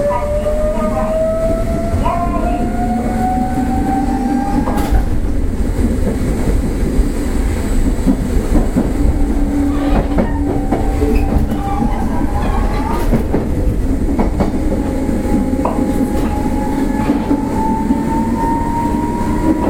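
Running sound of a Nishitetsu 600 series train, a steady low rumble with a whining motor tone that rises in pitch, breaks off near five seconds, and returns climbing around twelve and fifteen seconds. Sharp clicks and knocks from the wheels punctuate the ride throughout.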